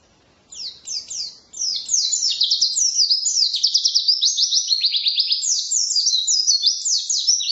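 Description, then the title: White-eye song that opens with a few short chirp bursts, then builds into a long, rapid stream of high twittering, descending notes. Wild forest-type white-eye (pleci ngalas); song intended as fill-in material for masteran, tutoring caged songbirds. "mster Mnuk. Pleci ngalas isian untuk masteran"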